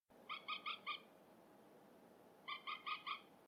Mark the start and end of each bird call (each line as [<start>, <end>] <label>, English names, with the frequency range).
[0.28, 0.96] Common Moorhen (0.8-5.1 kHz)
[2.47, 3.17] Common Moorhen (0.7-5.2 kHz)